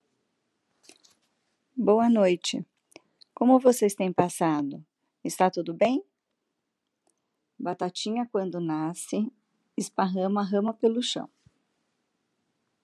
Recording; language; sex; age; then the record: short text; Brazilian Portuguese; female; 50 to 59 years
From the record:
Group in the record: control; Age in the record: 52 years